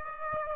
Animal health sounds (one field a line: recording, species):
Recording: mosquito wingbeat signal from an infrared sensor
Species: Aedes aegypti